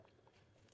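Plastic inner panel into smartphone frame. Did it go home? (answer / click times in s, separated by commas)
no / none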